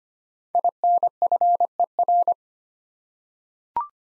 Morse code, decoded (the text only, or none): INFER